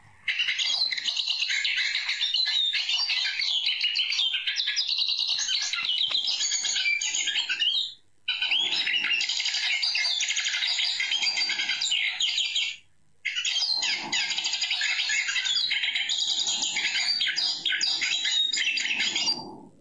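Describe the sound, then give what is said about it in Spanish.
A hooded siskin sings a long, fast, twittering song of high, tumbling chirps and trills, steady and fairly loud, broken by two brief pauses, with no voices. “Estamos escuchando el Cabecita Negra.”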